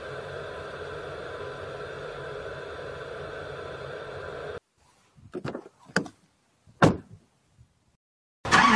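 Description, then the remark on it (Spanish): A steady rushing noise cuts off abruptly, followed by a few sharp clicks and thuds of a house door being opened and shut as someone comes back into the house, before the broad noise returns at the end. “Cuando vuelvo a entrar a casa, lo primero que escucho es mi gata pidiéndome comida.”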